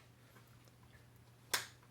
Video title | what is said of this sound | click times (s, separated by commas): [HOW TO] Upgrade the Shift Knob on 2015-2022 GMC Canyon (Slim Shifter) | like that it's real simple it clicks right into place and now the friction of this handle | 1.6 s